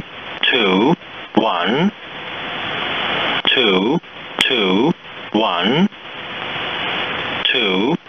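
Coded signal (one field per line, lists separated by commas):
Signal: numbers station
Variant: E07, English male voice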